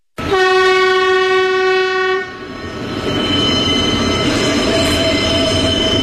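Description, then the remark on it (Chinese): A train horn blares one steady, loud, multi-toned blast for about two seconds, then gives way to the continuous rumbling roar of the passing train, with thin high squealing tones from the wheels. “我拍摄的主要对象是中国大地上的火车。”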